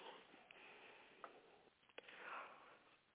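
A few quick, sharp nasal sniffs in a quiet room from an adult man with Tourette's, who also has autism and ADHD: repetitive sniffing, a simple vocal tic amid constant ticking.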